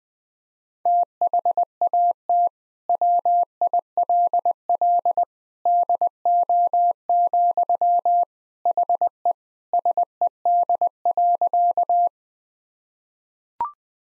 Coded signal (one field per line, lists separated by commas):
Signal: Morse code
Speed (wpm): 20 wpm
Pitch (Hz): 700 Hz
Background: none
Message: THAT WILL DO, HE SED.